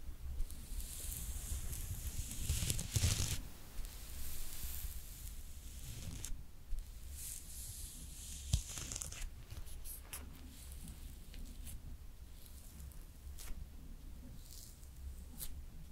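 Makeup being applied slowly, with soft brushing and rustling strokes that come in short bright bursts, strongest around three seconds and again near six and nine seconds. A low, steady hum sits underneath, and a single sharp tap lands at about eight and a half seconds.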